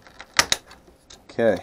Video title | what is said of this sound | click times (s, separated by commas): Playz V8 engine assembly video 2 of 7 | to clip it down until it clicks in and it's kind of tight just be careful try not to break it | 0.4 s, 0.5 s